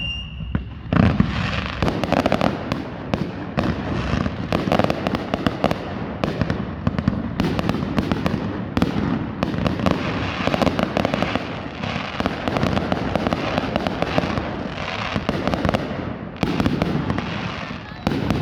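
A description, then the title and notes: A fireworks show begins with a brief high tone, then erupts into a dense, continuous barrage of crackling bursts and booms that never lets up. Beginning of the fireworks show at the 2022 NC State Fair.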